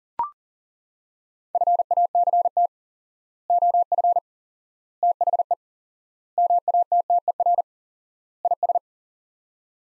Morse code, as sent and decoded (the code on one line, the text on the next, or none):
..-. .- -.-. - / --- ..-. / - .... . / -- .- - - . .-. / .. ...
FACT OF THE MATTER IS